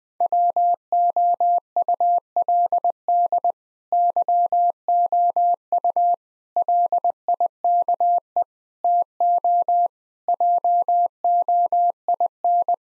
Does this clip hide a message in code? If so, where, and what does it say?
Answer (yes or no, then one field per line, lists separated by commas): yes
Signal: Morse code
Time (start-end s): 0.2-12.7 s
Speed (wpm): 20 wpm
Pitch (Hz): 700 Hz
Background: none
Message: WOULD YOU LIKE TO JOIN